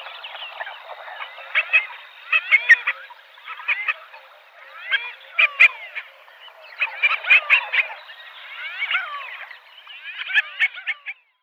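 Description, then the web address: Common pochard calls: bursts of rough, harsh, croaking notes in clustered groups, repeated irregularly throughout with short quieter gaps between bursts. "vogelstimmen tafelente"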